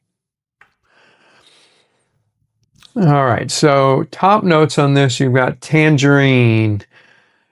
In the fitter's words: Snaps into place.